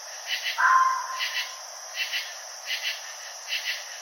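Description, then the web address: Red fox with one short harsh cry over regular paired high chirps ticking along in the background. Recorded on 29 June 2012. "Red Fox 2012 06 29"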